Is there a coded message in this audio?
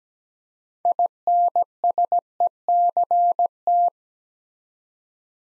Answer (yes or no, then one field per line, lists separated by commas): yes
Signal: Morse code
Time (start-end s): 0.9-3.9 s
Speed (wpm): 17 wpm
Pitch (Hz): 700 Hz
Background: none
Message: INSECT